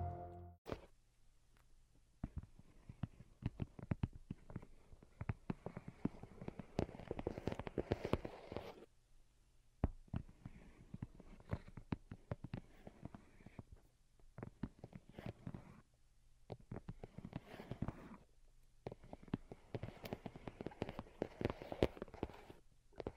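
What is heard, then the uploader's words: Delicate tapping comes in dense, uneven bursts of quick light clicks, pausing briefly near 9, 15 and 19 seconds, over a faint low hum. ASMR Most Delicate and Calming Tapping for Sleep (No Talking).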